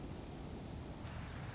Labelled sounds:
Nuttall's Woodpecker
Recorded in Sonoma County, California

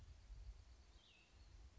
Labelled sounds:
Cassin's Vireo
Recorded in Sonoma County, California

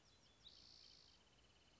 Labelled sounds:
Spotted Towhee
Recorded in Sonoma County, California

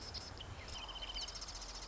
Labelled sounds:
Marsh Wren
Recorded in Sonoma County, California

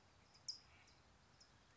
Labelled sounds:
California Towhee
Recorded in Sonoma County, California

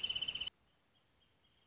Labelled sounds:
Wrentit
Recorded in Sonoma County, California

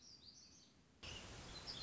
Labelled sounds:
Black-throated Gray Warbler
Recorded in Sonoma County, California

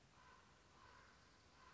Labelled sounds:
Common Raven
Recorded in Sonoma County, California

